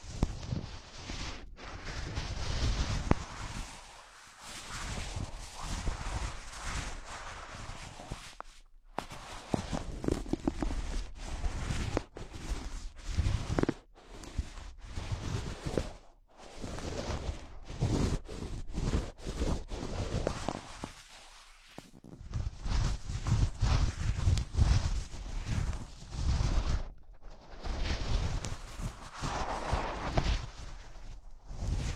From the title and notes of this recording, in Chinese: 手套 使用6种不同手套为你耳膜按摩。